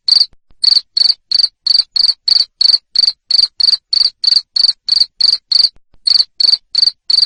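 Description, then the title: Cricket producing loud rhythmic chirps, close to three a second, with a pair of short gaps. Loud cricket chirping used to stimulate lovebirds to sing continuously. "Suara JANGKRIK NGERIK Keras Bikin LOVEBIRD Jadi NGEKEK Terus Vubey"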